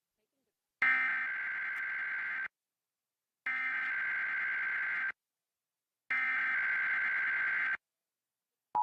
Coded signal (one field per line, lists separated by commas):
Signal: Emergency Alert System (SAME) tones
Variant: header bursts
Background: speech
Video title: (Livestream EAS #10) Tsunami Warning for Northern California [CANCELLED]